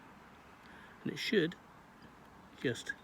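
A plastic trim retaining clip is handled at its mounting point on the windscreen side trim of a BMW X3 E83 during a trim replacement. Someone talks in short bursts over a low, steady background hiss. Nothing has seated or clicked yet.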